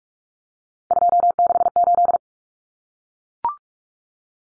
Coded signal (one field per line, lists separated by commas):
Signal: Morse code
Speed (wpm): 44 wpm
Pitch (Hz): 700 Hz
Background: none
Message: 268